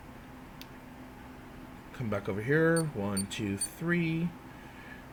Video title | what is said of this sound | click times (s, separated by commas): How to change the insertion site of a Diabetic Insulin Pump | this little metal port right here plugs into it and it just snaps into place | 0.6 s